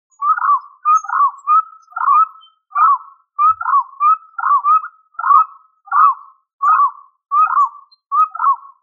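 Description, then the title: Pigeon calling, a short whistled, hooked note near one pitch, repeated many times about every two-thirds of a second, over a quiet background. "Familia Columbidae Pomba"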